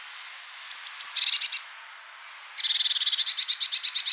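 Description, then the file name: Eurasian blue tit song: thin high notes dropping into a short buzzy trill, then a longer even trill of rapid repeated notes to the end. "blaumeise"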